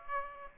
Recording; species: mosquito wingbeat signal from an infrared sensor; Aedes aegypti